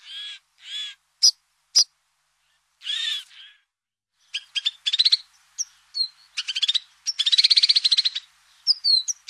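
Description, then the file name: White-winged snowfinch calls: harsh nasal buzzes and sharp clicks, then a fast trilling, rattling chatter mixed with high descending whistles. "Niverolle"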